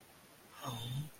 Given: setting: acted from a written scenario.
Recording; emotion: vocal sound without words; sympathy